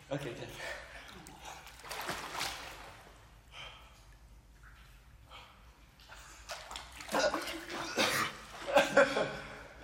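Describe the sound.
Water splashes and sloshes while someone sputters and coughs in sharp bursts after swallowing water into the lungs while trying to hold their breath, with people talking and a short chuckle mixed in; the noise swells loudest toward the end.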